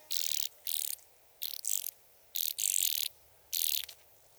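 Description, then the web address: Band-winged grasshopper stridulating in several harsh, hissing bursts separated by short pauses. "Sissonne. Oedipode"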